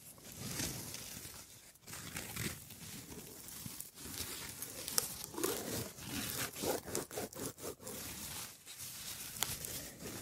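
Wood triggers: a continuous scratchy rubbing and scraping of wood, dense and grainy, moving in irregular strokes. Brief gaps break it near 2, 4 and 8.6 seconds. Faster choppy bursts cluster between about 6 and 8 seconds, with a few sharp ticks scattered through.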